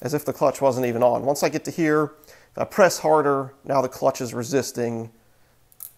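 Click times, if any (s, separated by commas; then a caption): 5.7 s, 5.8 s. Someone talks while pushing a bicycle rear derailleur cage through the clutch's free play until the clutch resists, then releases it. After the talking stops, two short clicks sound at 5.7 s and 5.8 s as the clutch pawl clicks back into its ratchet teeth and seats.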